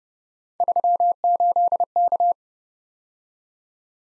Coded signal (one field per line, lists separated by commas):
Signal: Morse code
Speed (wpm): 28 wpm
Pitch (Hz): 700 Hz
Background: none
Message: 38K